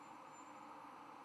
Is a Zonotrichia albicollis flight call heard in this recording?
no